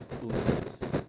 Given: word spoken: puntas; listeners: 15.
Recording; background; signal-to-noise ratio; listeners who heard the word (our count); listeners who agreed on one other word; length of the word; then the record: one Spanish word in noise, from a listening test; noise modulated by one talker; -11.0 dB; 0 of 15; 6 of 15; 0.69 s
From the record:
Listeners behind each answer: 6, 3, 1, 1, 1, 1, 1, 1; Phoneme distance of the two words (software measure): 30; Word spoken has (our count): 2 syllables, 6 phonemes, stress on syllable 1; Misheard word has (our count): 2 syllables, 6 phonemes, stress on syllable 1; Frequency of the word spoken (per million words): 10.66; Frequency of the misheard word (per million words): 6.50